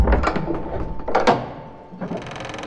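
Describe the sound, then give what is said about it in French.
Several dull, hollow knocks on a wooden door, loud and irregularly spaced, with a short rattling clatter between them and no voices. “Voilà, j'y suis, c'est cette porte.”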